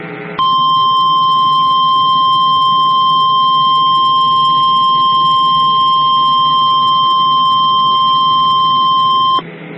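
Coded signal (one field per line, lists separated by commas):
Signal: Emergency Alert System (SAME) tones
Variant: 1050 Hz attention tone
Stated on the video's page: Valid EAS tones of a flash flood warning.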